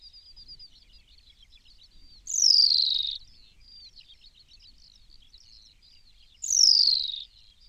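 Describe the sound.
New Zealand pipit calling: two loud, scratchy descending notes about four seconds apart over a quiet background of thin, high twittering.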